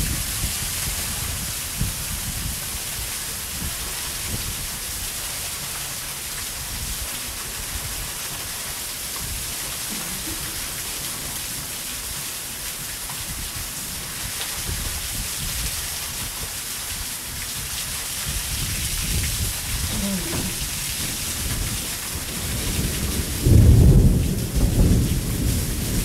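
Summer rain falls steadily in a dense, even hiss with a low, rumbling undertone throughout. Near the end, around twenty-three seconds, a louder deep rumble swells briefly, possibly thunder, before the rain settles back.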